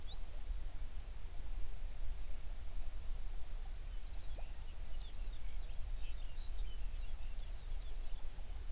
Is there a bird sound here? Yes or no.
yes